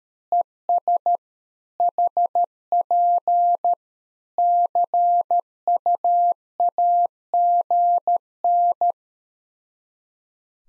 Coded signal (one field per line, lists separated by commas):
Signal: Morse code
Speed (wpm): 13 wpm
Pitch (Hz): 700 Hz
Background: none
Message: ES HP CUAGN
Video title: Practice QSO - Exchange 4- Ending - 13wpm